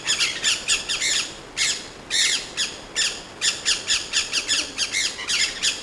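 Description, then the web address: Maroon-bellied parakeet giving harsh, grating squawks in quick bursts, many calls with short pauses between groups. "chant xeno-canto conure a ventre rouge"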